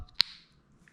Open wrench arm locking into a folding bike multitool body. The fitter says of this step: probably heard it click there that's now locked in place so I've got a lot more torque